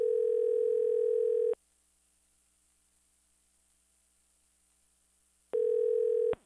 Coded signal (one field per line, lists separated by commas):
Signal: telephone call progress tone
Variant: North America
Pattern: ringback tone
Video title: Modem Sound Effects HD